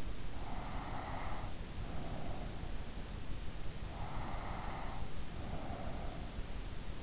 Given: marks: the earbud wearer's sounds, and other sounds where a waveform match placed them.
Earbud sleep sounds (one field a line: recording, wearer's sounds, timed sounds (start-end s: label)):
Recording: sounds in sleep by an in-ear microphone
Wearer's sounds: breath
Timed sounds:
0.41-2.91 s: breath